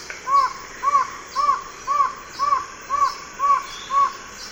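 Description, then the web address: White-shouldered antshrike song of eight rounded, slightly nasal notes repeated about twice per second. Recorded in the eastern lowlands of South America. "Natures Songs S America Eastern Lowlands. White-shouldered Antshrike"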